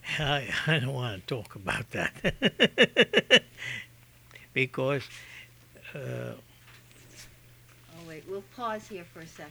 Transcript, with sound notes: I don't want to talk about that. ( he laughs ) Because, uh...
Oh, wait. We'll pause here for a second.